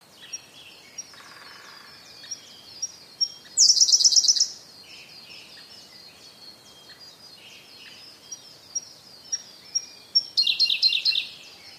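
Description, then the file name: Siberian blue robin song: soft scattered ticks, then a loud rapid high trill near four seconds and another near ten seconds, with thin whistles of other birds throughout. "koruri"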